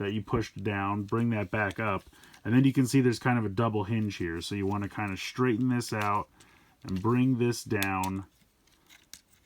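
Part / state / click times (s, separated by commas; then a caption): hinged plastic section on a transforming action figure / seated / 9.1 s. Someone talks while transforming a Transformers Legacy United G1 Triple Changer Sandstorm plastic action figure, straightening a double-hinged section and bringing it down. The section rotates up and clicks into place at 9.1 s, seated.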